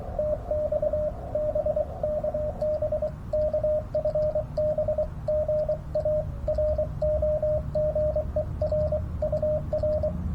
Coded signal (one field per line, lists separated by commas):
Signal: Morse code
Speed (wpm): 23 wpm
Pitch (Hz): 610 Hz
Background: radio noise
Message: TX BK BK FB GA ROGER UR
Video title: Unboxing the G90 Backyard POTA Hunting